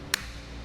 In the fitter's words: line it up and then push down listen for our click just like that and you've got it